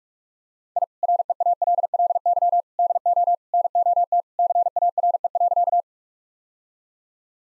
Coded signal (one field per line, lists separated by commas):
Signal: Morse code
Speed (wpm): 44 wpm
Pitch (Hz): 700 Hz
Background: none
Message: I REALLY DO NOT CARE.